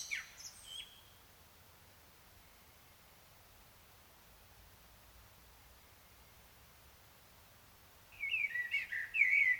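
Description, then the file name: Common blackbird song, a brief high fragment at the start, long silence, then a fluty warbled phrase with squeaky high notes near the end. "Turdus merula"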